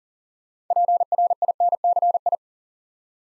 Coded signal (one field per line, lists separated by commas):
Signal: Morse code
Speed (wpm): 42 wpm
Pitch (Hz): 700 Hz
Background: none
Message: PRINCI